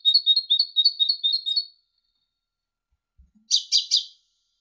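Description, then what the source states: Great tit song: a steady series of two-note whistled phrases repeated several times, followed by three buzzy bursts. Training ('masteran') recording for songbirds.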